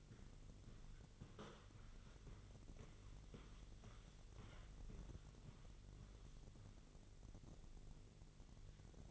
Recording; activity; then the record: daily activity, microphone in the room; walk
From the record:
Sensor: 4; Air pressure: 1002.4 hPa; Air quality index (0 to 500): 215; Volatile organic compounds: 12 ppm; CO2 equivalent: 2324 ppm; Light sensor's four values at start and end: 20/70/26/26 and 20/70/26/26